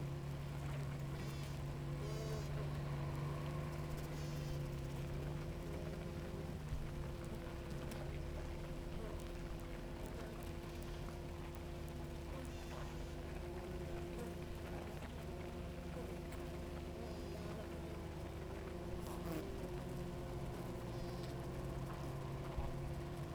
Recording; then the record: honeybee colony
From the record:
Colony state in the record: active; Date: 28 July 2017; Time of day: 7:21